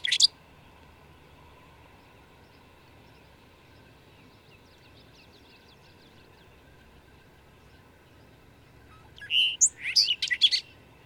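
Bird song: a single high note at the start, then a long quiet stretch before a brief burst of fast, high chirps near the end.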